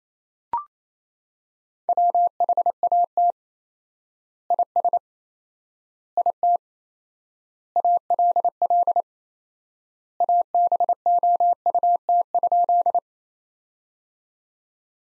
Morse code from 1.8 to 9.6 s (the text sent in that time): WHAT IS IT ALL